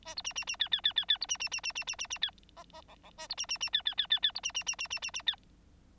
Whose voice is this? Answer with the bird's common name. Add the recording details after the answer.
Bengalese Finch. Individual Bird9